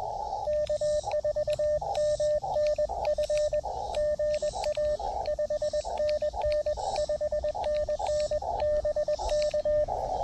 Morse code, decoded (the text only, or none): K4MNF GA 5NN 5NN BK